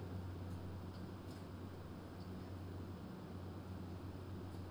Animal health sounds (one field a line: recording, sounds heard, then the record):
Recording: poultry house recording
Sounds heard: no chicken sound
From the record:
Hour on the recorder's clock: 22